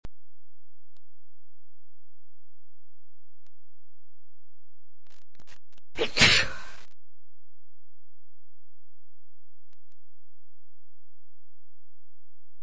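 A few quick catching breaths, then one sharp, explosive sneeze from an adult woman, followed by silence.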